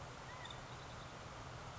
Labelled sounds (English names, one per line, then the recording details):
California Quail
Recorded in Sonoma County, California